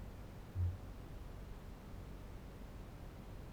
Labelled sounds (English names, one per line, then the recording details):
Kākāpō boom
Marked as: faintness 3/5
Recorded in New Zealand
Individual Barnard